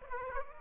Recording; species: mosquito wingbeat signal from an infrared sensor; Aedes aegypti